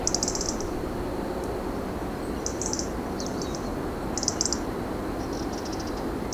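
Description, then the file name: European robin gives several short high rattling bursts with gaps between, above a steady background hum. "Erithacus rubecula"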